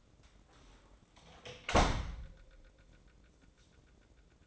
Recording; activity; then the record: daily activity, microphone in the room; close door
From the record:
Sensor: 3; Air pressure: 1012.3 hPa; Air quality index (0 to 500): 179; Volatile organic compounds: 3 ppm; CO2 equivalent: 1369 ppm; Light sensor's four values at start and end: 522/1297/534/542 and 522/1295/533/541